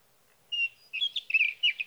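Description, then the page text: Sage thrasher song, a run of varied warbled phrases and short slurred notes after a brief pause. Male singing through the night near his night roost, evening June 12 to morning June 15, 2018, Sierra Valley, California; recorded with a Swift recorder. "Sage thrasher songs, through the night. For three nights, from the evening of June 12 to the morning of June 15, 2018, in Sierra Valley, California, I placed a Swift recorder near a male's night roost."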